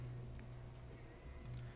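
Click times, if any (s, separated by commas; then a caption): none. An internal audio cable connector on a MacBook Pro has been pulled back out of its socket on the logic board and is being lined up over the socket by hand, not yet pushed in. A steady low hum runs throughout, with only a brief faint tick at 0.4 s. Nothing has seated or clicked yet.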